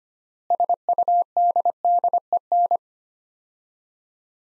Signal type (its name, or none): Morse code